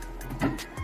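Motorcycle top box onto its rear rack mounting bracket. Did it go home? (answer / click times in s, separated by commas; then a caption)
no / none. A plug-and-play motorcycle top box is being handled onto its rear rack mounting bracket, with no key needed. Faint handling noise is heard with a brief bump around 0.2 s and a louder, broader thump near 0.4–0.5 s. Nothing has seated or clicked yet.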